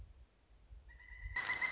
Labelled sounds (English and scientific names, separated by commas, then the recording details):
Pileated Woodpecker (Dryocopus pileatus)
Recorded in Sonoma County, California